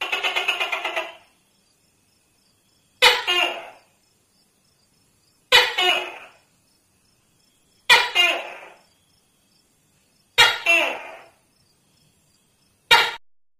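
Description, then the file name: Tokay gecko call opening with a rapid pulsed tail, then five loud two-syllable barks spaced roughly two and a half seconds apart. "tieng tac ke keu"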